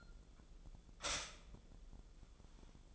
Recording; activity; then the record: daily activity, microphone in the room; stop toaster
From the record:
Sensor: 5